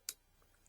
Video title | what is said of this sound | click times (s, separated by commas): RESEALING! Transfer Case, Trans & MORE ('58 Willys DJ-3A) | click करके बैठ गया। | 0.1 s